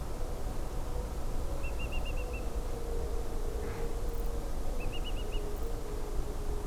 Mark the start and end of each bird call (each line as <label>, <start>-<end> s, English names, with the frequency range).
Eurasian Whimbrel (2.5-2.9 kHz), 1.62-2.40 s
Eurasian Whimbrel (2.5-3.1 kHz), 4.79-5.39 s